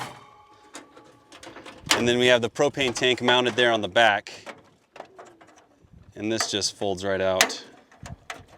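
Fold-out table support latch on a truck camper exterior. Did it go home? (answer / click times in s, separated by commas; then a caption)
yes / 8.3 s. Someone talks beside a Four Wheel Camper on a Tundra, with a propane tank mounted on the back, while a fold-out cooking table on the camper's exterior is swung out. Light knocks and handling sounds are heard during the unfolding. The table's supports lock into place with a sharp click at 8.3 s.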